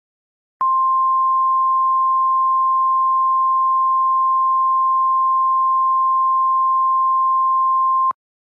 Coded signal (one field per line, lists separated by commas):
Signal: Emergency Alert System (SAME) tones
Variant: 1050 Hz attention tone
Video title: EAS Scenario #30 The Darkness Nightmare